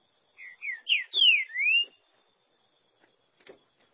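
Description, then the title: Green-winged saltator song: a rich phrase of five or six slurred whistled notes, some falling and the last rising, followed by a few faint clicks. "Trinca Ferro"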